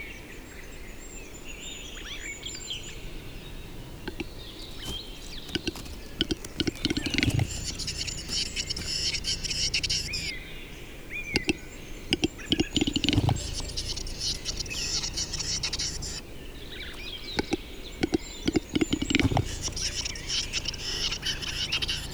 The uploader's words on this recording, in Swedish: Tjäderspelets ljudvärld. Här får du själv höra skogens alla ljud i slutet av april när tjäderspelet är på sin topp. Vi har spelat in en spelande tjädertupp med en Telinga SSM-mikrofon kopplad till en Olympus LS14.